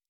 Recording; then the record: hydrophone in a shrimp aquaculture tank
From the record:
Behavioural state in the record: normal